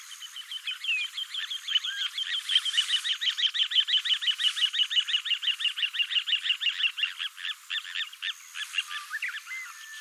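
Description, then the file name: Little ringed plover calling: a rapid, steady run of short, rasping notes repeated several times a second for about eight seconds, with a few softer, separate notes at either end. "kochidori"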